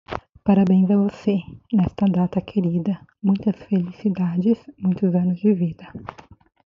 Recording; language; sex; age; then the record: short text; Brazilian Portuguese; female; 30 to 39 years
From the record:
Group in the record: control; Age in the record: 36 years